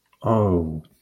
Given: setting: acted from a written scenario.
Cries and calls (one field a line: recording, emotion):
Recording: vocal sound without words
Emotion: realization